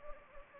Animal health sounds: mosquito wingbeat signal from an infrared sensor; Anopheles gambiae

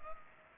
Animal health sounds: mosquito wingbeat signal from an infrared sensor; Culex pipiens

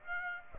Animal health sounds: mosquito wingbeat signal from an infrared sensor; Aedes aegypti

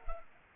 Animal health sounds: mosquito wingbeat signal from an infrared sensor; Culex pipiens

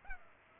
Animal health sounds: mosquito wingbeat signal from an infrared sensor; Culex pipiens

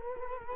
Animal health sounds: mosquito wingbeat signal from an infrared sensor; Culex quinquefasciatus

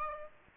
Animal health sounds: mosquito wingbeat signal from an infrared sensor; Aedes aegypti

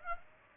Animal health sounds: mosquito wingbeat signal from an infrared sensor; Aedes aegypti

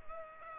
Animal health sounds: mosquito wingbeat signal from an infrared sensor; Culex pipiens

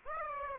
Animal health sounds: mosquito wingbeat signal from an infrared sensor; Aedes aegypti

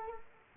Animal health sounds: mosquito wingbeat signal from an infrared sensor; Culex quinquefasciatus

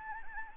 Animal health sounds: mosquito wingbeat signal from an infrared sensor; Anopheles gambiae

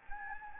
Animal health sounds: mosquito wingbeat signal from an infrared sensor; Anopheles gambiae

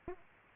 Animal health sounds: mosquito wingbeat signal from an infrared sensor; Aedes aegypti

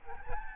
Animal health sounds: mosquito wingbeat signal from an infrared sensor; Aedes albopictus

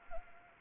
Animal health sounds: mosquito wingbeat signal from an infrared sensor; Anopheles arabiensis

